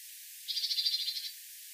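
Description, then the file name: Great tit churring call: a short, rapid rattle of about a dozen harsh pulses lasting under a second, with a faint steady hiss behind it. "Parus major"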